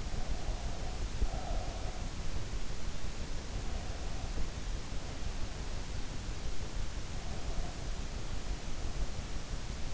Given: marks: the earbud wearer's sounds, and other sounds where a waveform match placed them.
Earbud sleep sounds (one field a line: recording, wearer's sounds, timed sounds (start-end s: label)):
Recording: sounds in sleep by an in-ear microphone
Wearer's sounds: breath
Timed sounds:
0.00-2.31 s: breath